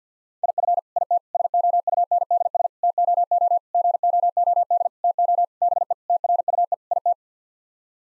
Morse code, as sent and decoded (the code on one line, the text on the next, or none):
.. ..-. / .. - / ... --- ..- -. -.. ... / - --- --- / --. --- --- -.. / - --- / -... . / - .-. ..- . / .. -
IF IT SOUNDS TOO GOOD TO BE TRUE IT